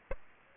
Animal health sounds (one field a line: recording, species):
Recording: mosquito wingbeat signal from an infrared sensor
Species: Aedes aegypti